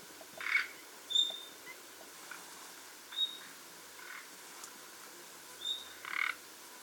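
Common nightingale calling: three short, high, thin whistles alternating with several harsh, croaking notes, over faint background hiss.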